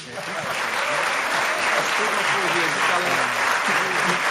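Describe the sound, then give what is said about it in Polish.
Sustained audience applause for this year's six Mateusz 2018 laureates in the Polish Radio Three (Trójka) studio, a dense steady wash of many hands clapping at constant loudness throughout, with faint voices murmuring underneath. “My Państwu bardzo dziękujemy za udział i prosimy jeszcze ostatnie brawa dla tegorocznej szóstki.”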